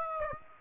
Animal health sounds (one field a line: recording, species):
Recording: mosquito wingbeat signal from an infrared sensor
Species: Aedes aegypti